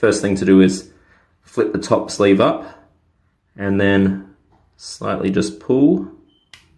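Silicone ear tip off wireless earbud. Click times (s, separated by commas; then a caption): 6.5 s. A silicone ear tip is pulled off the nozzle of a wireless earbud while someone talks. A short, sharp snap at 6.5 s marks the ear tip snapping free and coming off.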